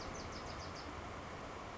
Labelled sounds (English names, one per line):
Bewick's Wren